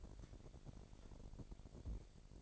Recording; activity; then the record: daily activity, microphone in the room; take from stove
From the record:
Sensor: 5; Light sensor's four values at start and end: 50/111/48/53 and 51/116/49/53